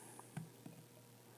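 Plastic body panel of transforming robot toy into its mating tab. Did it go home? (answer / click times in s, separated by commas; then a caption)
yes / 0.4 s. A plastic body panel of a Transformers: Lost Age AD-28 Deluxe Snarl transforming dinosaur toy is pinched into its mating tab while changing to stegosaurus mode. A sharp plastic snap at 0.4 s is followed by a fainter tick, over a steady low hum. The panel is seated.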